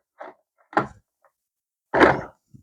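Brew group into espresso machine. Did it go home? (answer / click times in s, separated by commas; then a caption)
no / none. A greased brew group is pushed back into a Gaggia Anima Prestige espresso machine with the drip tray pulled out slightly. Short knocks and scraping thuds come at about 0.2 s and 0.8 s, then a louder, longer thud at about 2.0 s, and a faint tap at the end. The brew group still does not go in, and nothing has seated or clicked yet.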